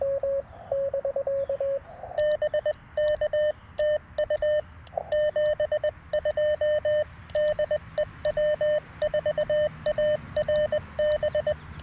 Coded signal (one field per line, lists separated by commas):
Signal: Morse code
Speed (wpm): 20 wpm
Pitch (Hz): 1800 Hz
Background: none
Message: BK TU 72 DE W4ARB